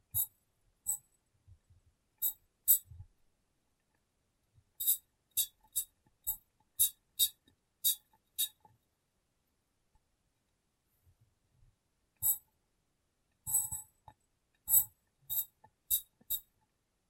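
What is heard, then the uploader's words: Glass being tapped and cleaned, heard as short, bright clicks and taps that come in uneven clusters, roughly one or two per second. A dull low thump sits under many taps, and there are pauses near the start and around ten to twelve seconds. ASMR Glass Brain Tapping & Cleaning (No Talking).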